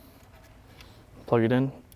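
The plastic electrical wiring plug of a sensor on the intake manifold of a MK7 Volkswagen GTI is being handled toward its socket, with a gray safety tab still to be pushed down. Faint handling ticks occur near 0.8 s and 1.9 s while someone talks. The plug has not clicked in or seated yet.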